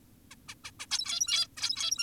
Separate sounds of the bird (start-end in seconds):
0.31-0.35, 0.48-0.55, 0.64-0.71, 0.80-0.86, 0.91-1.48